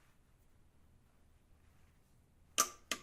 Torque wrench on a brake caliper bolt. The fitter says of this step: a click see it heard it that one told you if it's higher you can hear it okay